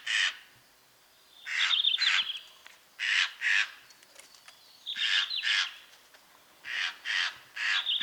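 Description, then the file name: Eurasian jay uttering rough, grating screeches in pairs and short groups, with thin trailing whistled notes after some calls. "Garrulus glandarius"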